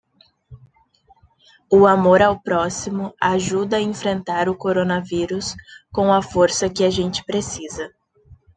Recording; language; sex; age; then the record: spoken sentence; Brazilian Portuguese; female; 20 to 29 years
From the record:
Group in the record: control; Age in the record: 23 years